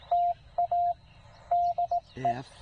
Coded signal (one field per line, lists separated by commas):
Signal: Morse code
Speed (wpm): 18 wpm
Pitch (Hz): 690 Hz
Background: speech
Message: TA DE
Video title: 7 June Parks on the Air in CW